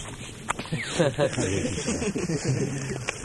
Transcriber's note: laughter